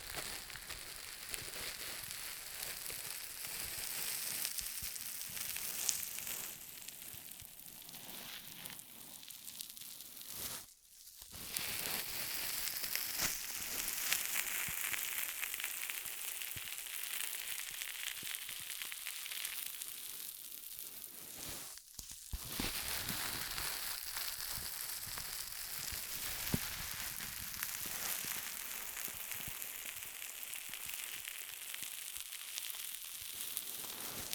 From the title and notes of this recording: ASMR 10 Ear Massages for Sleep (No Talking).